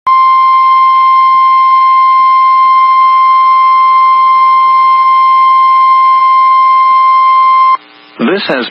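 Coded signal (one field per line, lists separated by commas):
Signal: Emergency Alert System (SAME) tones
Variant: 1050 Hz attention tone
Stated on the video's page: Live EAS tones from required weekly tests.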